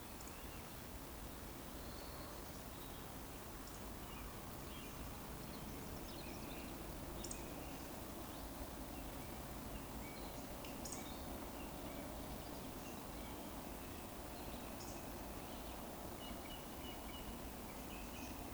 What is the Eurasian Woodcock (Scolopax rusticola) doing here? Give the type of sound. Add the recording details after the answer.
whistle. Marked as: whistle, whistle, whistle, whistle, whistle, whistle. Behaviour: display flight. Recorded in Baden-Württemberg, Germany, on 24 June 2020 at 19:45 UTC. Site 14569, 102 m above sea level